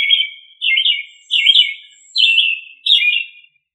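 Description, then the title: Rich, slurred thrush phrases, five in a row, each a quick downward-sliding warble with brief silences between them. "Familia Turdidae - Sabia"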